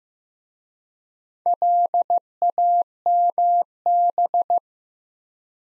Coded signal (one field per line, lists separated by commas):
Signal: Morse code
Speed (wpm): 15 wpm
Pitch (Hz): 700 Hz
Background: none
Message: LAMB